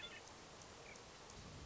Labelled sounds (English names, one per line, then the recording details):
Hermit Thrush
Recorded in Sonoma County, California